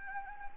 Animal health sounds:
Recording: mosquito wingbeat signal from an infrared sensor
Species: Anopheles gambiae

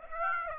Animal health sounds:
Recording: mosquito wingbeat signal from an infrared sensor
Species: Aedes aegypti

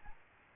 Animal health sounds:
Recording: mosquito wingbeat signal from an infrared sensor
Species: Aedes albopictus

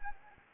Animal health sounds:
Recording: mosquito wingbeat signal from an infrared sensor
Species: Anopheles arabiensis

